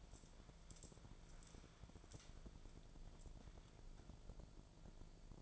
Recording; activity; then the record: daily activity, microphone in the room; wipe stove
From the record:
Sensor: 5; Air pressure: 1000.6 hPa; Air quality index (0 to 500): 161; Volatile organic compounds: 2 ppm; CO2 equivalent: 1236 ppm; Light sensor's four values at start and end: 47/100/46/51 and 47/102/46/51